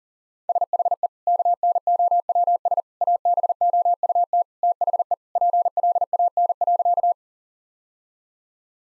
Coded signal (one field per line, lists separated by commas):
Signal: Morse code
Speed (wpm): 37 wpm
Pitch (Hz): 700 Hz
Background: none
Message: SHE KNOWS ABOUT THE PLAN.